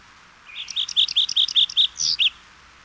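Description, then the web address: Olive warbler song: a quick run of about eight clear notes at an even pace, ending in a longer slurred note and a final short note. "101 Bird Songs. Olive Warbler"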